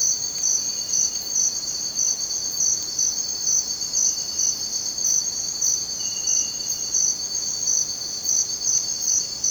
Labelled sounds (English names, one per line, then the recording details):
none
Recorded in dense forest near Puerto Asís, Putumayo, Colombia, on 23 June 2025 at 04:30
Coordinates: 0.484, -76.317
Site G045